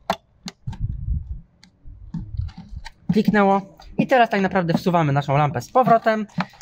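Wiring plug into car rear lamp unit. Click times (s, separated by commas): 0.1 s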